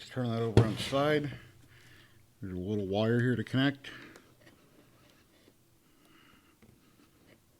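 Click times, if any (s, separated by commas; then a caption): none. Someone talks while turning a SUNLU resin curing enclosure onto its side to get at a small wire connector that goes into the enclosure's socket. Faint handling taps follow at about 4.2 s and 6.6 s in the quiet stretch. The connector has not seated or clicked in yet by the end of the clip.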